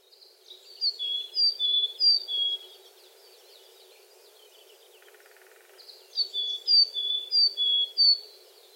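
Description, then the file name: Willow tit calls: bright high two-note phrases, each note dropping slightly, repeated rapidly in two bursts separated by a pause, with a brief buzzy note between them. Recorded in Shiga, Japan, on 24 April 2020. "kogara 200424 shiga"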